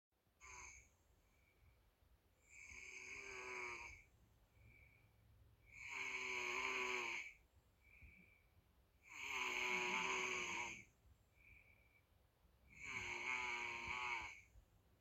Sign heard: Snore.